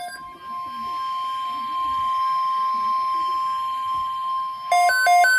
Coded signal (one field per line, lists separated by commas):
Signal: Emergency Alert System (SAME) tones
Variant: 1050 Hz attention tone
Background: speech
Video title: Tornado Watch (EAS 326)